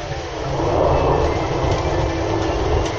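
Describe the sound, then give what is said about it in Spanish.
Thunder following a huge lightning strike at Navacerrada in the Sierra de Madrid, at nightfall on 22 September 2017: a deep, continuous rumble rolls for a few seconds, swelling slightly early on and then holding steady and loud, with no voices over it. “Atención, porque va a haber trueno, tremendo relámpago que ha habido concretamente ahora en Navacerrada, a la altura de Navacerrada.”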